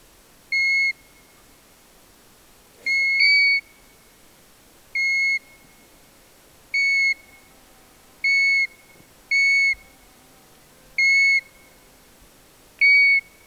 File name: ljungpipare Pluvialis apricaria